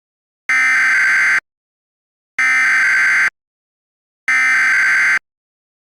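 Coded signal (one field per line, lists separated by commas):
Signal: Emergency Alert System (SAME) tones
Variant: header bursts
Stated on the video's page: Fictional EAS scenario.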